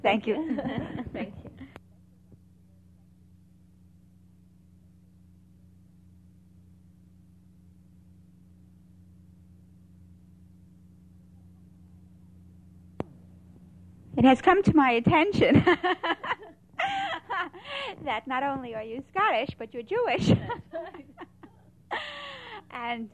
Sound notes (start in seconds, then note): 0.4 both laugh; 0.6 long pause; 16.8 laughs